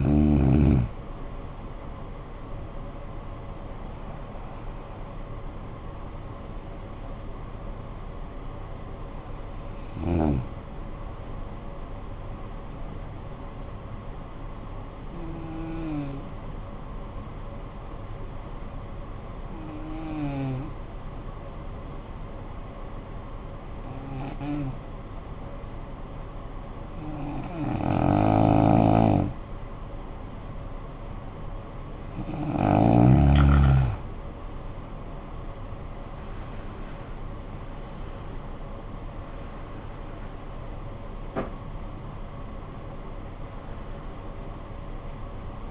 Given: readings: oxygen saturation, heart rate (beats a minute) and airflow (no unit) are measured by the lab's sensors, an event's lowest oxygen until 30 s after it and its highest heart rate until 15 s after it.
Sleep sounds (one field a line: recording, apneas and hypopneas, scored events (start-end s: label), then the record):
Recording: breathing in sleep by a smartphone at the bedside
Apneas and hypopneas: 1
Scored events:
13.00-33.70 s: hypopnea (N1, oxygen 96% highest, then 84% lowest, heart rate 53 at the start, 74 highest)
From the record:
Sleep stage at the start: N1 (lightest sleep)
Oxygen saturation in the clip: 84 to 96%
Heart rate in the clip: 51 to 69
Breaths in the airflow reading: 10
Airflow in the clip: -16.2 to 16.5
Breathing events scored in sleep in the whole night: 445 in 7.6 hours asleep